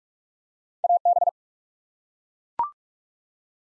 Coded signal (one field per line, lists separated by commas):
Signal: Morse code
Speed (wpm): 44 wpm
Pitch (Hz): 700 Hz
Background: none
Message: AB